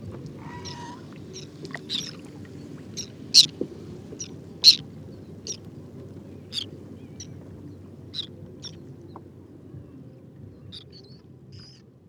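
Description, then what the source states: Whiskered tern contact calls, scattered short raspy notes, a few louder ones, over faint low background noise, fading toward the end. Wintering flock of over two to three hundred birds picking insects from the surface of a shallow lake covered with water lilies and lotus, Cambodia, 13 December 2018, 16:30; characteristic electric contact calls.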